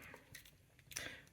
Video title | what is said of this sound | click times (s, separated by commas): Mini Adamas Disassembly and Maintenance | and this is kind of a trial and error so i got it past the first washer i could feel it click and there it goes perfect | 1.0 s